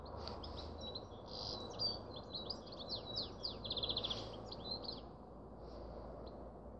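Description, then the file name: Canary song: a rapid run of high, sweet chirps and short trills, with a brief fast rattling roll, over a steady low background hum. "Canary Voice"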